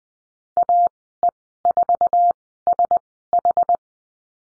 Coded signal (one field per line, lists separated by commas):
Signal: Morse code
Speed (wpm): 20 wpm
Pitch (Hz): 700 Hz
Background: none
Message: AE4SH